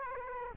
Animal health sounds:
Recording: mosquito wingbeat signal from an infrared sensor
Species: Aedes aegypti

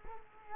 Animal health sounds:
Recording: mosquito wingbeat signal from an infrared sensor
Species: Culex quinquefasciatus

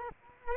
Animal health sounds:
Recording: mosquito wingbeat signal from an infrared sensor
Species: Culex quinquefasciatus

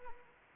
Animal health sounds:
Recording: mosquito wingbeat signal from an infrared sensor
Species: Anopheles arabiensis

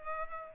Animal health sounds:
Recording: mosquito wingbeat signal from an infrared sensor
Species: Culex pipiens

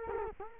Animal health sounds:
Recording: mosquito wingbeat signal from an infrared sensor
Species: Culex quinquefasciatus

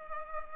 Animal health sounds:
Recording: mosquito wingbeat signal from an infrared sensor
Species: Culex pipiens

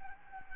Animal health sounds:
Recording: mosquito wingbeat signal from an infrared sensor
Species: Anopheles gambiae

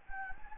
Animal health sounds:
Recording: mosquito wingbeat signal from an infrared sensor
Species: Anopheles gambiae

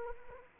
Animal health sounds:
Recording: mosquito wingbeat signal from an infrared sensor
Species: Anopheles arabiensis

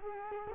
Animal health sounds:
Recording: mosquito wingbeat signal from an infrared sensor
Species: Culex quinquefasciatus

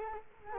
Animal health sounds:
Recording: mosquito wingbeat signal from an infrared sensor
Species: Culex quinquefasciatus

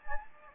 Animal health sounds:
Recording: mosquito wingbeat signal from an infrared sensor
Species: Anopheles gambiae

